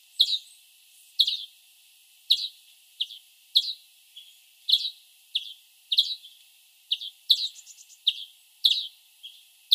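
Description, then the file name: European greenfinch calls: short high chirps repeated about once a second, with a brief buzzy trill near the end. "Chloris chloris"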